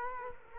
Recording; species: mosquito wingbeat signal from an infrared sensor; Culex quinquefasciatus